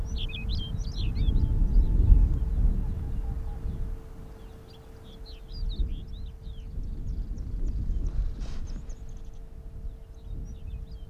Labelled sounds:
Arctic Fox

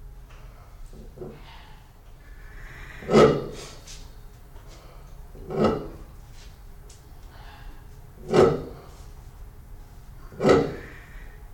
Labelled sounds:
Kori Bustard call

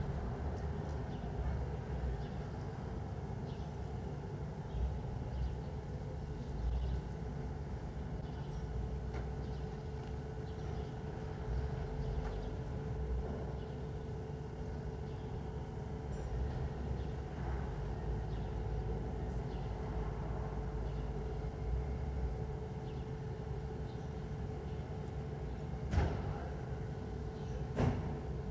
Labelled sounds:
Corsac Fox barking

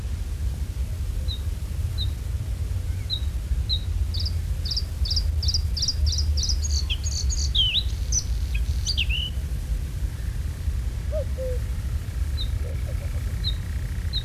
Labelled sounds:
Bluethroat song

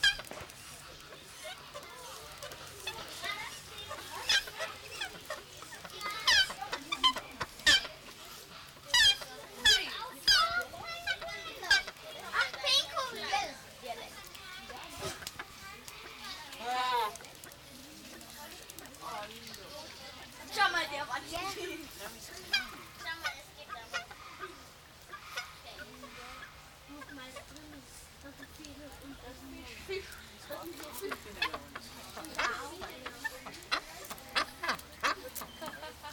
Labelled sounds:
Humboldt Penguin call

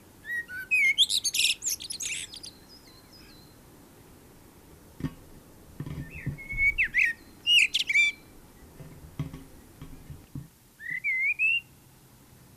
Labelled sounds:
Common Blackbird song

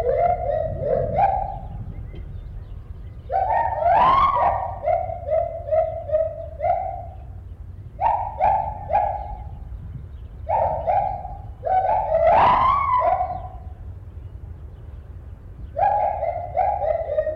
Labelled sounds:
Agile Gibbon

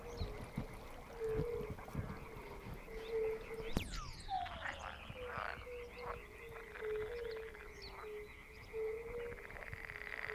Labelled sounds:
Fire-Bellied Toad call

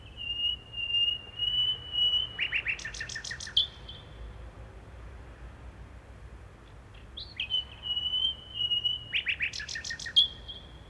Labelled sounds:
Common Nightingale song

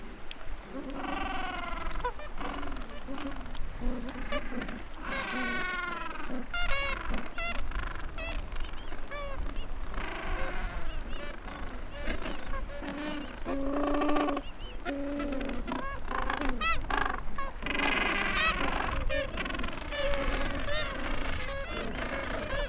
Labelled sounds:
Gentoo Penguin call

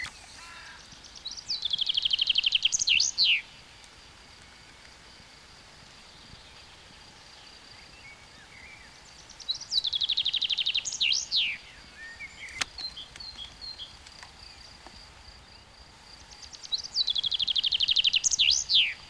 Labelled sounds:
Common Chaffinch song

